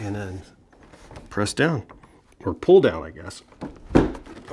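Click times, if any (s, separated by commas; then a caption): 4.1 s. A plastic resin back wall panel of a Craftsman large vertical shed, with its tabs set in the notches, is pulled down by hand into the resin floor panel while someone talks. It snaps into place with a sharp click at 4.2 s, and the panel is seated.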